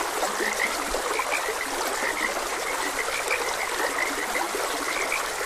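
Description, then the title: Frogs calling in rapid, repeated chirps that run throughout, with a continuous babble of running water underneath. Frogs croaking beside a gentle stream. "Gentle Stream and Frogs Croaking"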